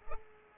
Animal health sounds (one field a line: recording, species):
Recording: mosquito wingbeat signal from an infrared sensor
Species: Culex pipiens